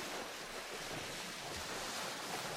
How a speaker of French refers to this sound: tandis que le bruit sourd et monotone de la mer se brisant contre les rochers commençait d'éveiller l'attention de Miette et de lui indiquer le chemin qu'elle faisait.